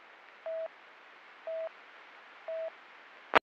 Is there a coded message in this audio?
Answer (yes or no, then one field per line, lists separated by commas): no